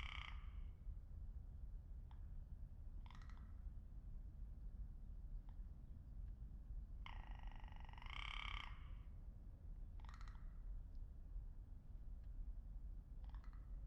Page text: Lewitt LCT540s and the curious Rock Ptarmigan. HLJÓÐMYND - SOUNDIMAGE